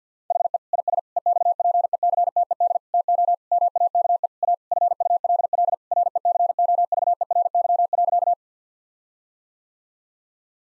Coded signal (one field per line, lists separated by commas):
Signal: Morse code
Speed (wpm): 50 wpm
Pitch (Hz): 700 Hz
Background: none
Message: HE IS EXPECTED TO MAKE A FULL RECOVERY.